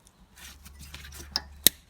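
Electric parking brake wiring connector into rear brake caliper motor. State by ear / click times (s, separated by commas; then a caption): seated / 1.7 s. The block connector for the electric parking brake motor on a Mazda's rear brake caliper is pushed into place. After some rubbing and scraping of plastic parts, a sharp, loud click at 1.7 s shows the connector has seated and the electrical circuit is connected.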